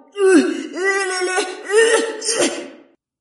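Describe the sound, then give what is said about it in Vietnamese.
A series of about four throaty, voiced coughs run together, each one a rough, moaning burst that rises and falls, fairly loud and with no talking. “Không có gì, chỉ không ngờ là ngươi truyền âm cũng ho thôi.”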